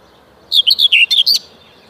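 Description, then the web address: Common whitethroat song: a single brief scratchy warble of six or seven quick, buzzy notes lasting under a second against a quiet background. "Kurs PTTK Kurs materiały Przyroda Ptaki Cierniówka"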